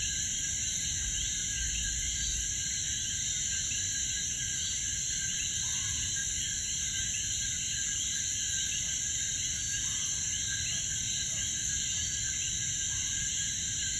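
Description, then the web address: Coquí frogs calling in a dense chorus of rising chirps, with a few separate low notes standing out now and then over a steady high background hum. Frogs at Piñones, Puerto Rico. "puerto rico Cokees frogs Pignones"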